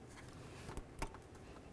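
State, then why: Not seated. An electrical connector is handled as it is brought to the plastic fan wiring harness connector on a 2006-10 Ford Explorer during a radiator replacement. A few short handling taps and rattles come at about 0.8, 1.0 and 1.1 seconds over a low background hum. Nothing has seated or clicked yet.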